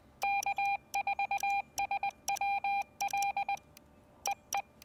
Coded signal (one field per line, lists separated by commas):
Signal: Morse code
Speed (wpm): 19 wpm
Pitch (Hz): 810 Hz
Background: none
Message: K4SWL EE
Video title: The New Xiegu X6200: Real-World POTA Test on the Blue Ridge Parkway